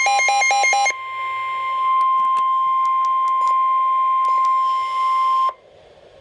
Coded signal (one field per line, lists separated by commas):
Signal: Emergency Alert System (SAME) tones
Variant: 1050 Hz attention tone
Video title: Severe Thunderstorm Warning - EAS #412